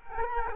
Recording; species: mosquito wingbeat signal from an infrared sensor; Culex quinquefasciatus